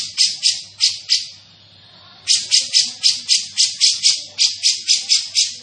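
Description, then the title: Grey-cheeked bulbul giving harsh, buzzy chattering notes, about four per second, in two bursts split by a short pause, with a faint low hum underneath. Bird described as in full, active voice ('gacor'), with a dense, clear sound. "Cucak Jenggot Gacor, Suara Rapat Dan Jernih"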